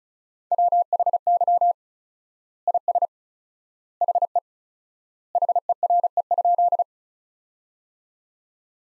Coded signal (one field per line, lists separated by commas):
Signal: Morse code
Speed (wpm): 36 wpm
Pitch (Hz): 700 Hz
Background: none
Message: WHY IS HE HERE?